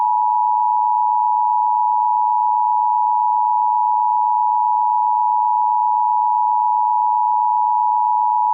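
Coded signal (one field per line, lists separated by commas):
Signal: Emergency Alert System (SAME) tones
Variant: 853 and 960 Hz attention tone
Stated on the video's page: Simulated EAS scenario, a remastered mock.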